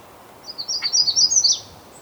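Magnolia warbler song: a short, high, sweet phrase of quick warbled notes lasting about a second, over faint background hiss.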